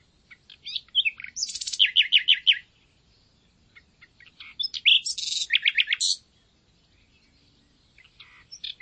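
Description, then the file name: Common nightingale song: two bursts of quick repeated rattling notes with harsh buzzy elements, each about two seconds long, followed by quiet gaps. "Luscinia megarhynchos"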